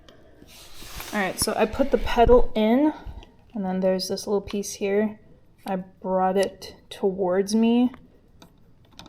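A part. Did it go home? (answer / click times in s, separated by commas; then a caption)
yes / 9.0 s. A bicycle pedal is inserted into the quick-release crank arm mount of a Lectric XPeak e-bike, and its small locking collar is pulled back. Someone talks through most of the clip, then a few faint ticks near the end lead to a sharp snap at 9.0 s as the pedal clicks home in the metal mount. The pedal is seated and secure.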